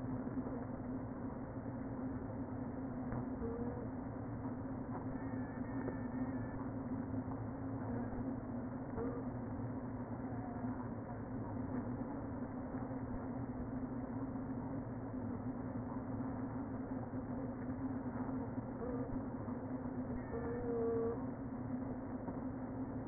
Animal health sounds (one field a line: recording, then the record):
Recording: honeybee colony, microphone inside the hive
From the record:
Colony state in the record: queen present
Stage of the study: before two queens were removed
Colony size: about 60,000 bees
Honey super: yes